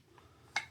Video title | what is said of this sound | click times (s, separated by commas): Simagic DS-8X Repair: Reseat Interior Connections | That kind of snaps back in there. | 0.6 s